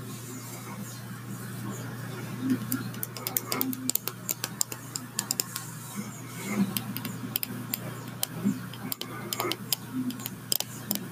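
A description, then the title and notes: Light tapping and brushing sounds, irregular, with sharp clicks scattered throughout and small bursts of quick taps around three to four seconds and again near nine to ten seconds. A steady low hum runs underneath the whole time, along with faint murmuring in the background. Tapping and brushing sounds. There are some birds in the background. The types of brushes I used where new paint brushes that sounded amazing!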